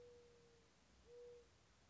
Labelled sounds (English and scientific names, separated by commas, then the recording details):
Mourning Dove (Zenaida macroura)
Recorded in Sonoma County, California